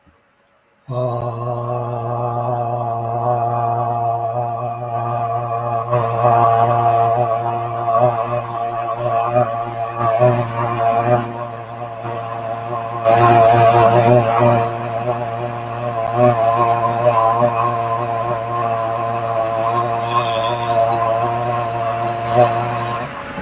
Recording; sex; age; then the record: vowel held as long as possible; male; 60 to 69 years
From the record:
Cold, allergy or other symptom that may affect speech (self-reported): no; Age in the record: 60 years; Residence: Virginia, United States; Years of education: 12